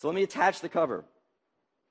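A magnetic keyboard cover is being brought to a tablet's magnetic connector while someone talks, with speech filling the first second or so and silence after. The cover has not yet seated or clicked onto the tablet.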